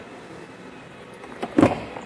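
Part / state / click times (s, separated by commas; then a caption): folding rear seat latching in its tumbled-forward position in the cargo area / not seated / none. The 50/50 split folding rear seat in the cargo area of a 2008 GMC Yukon, folded flat, is being tumbled forward so that its latch will lock it upright and it won't fall back on any cargo. Over a quiet, steady background, handling noises build from about 1.4 s into a loud, broadband burst of movement at 1.6 s, then fade back to background. The clip ends just before the seat goes home, so nothing has seated or locked yet.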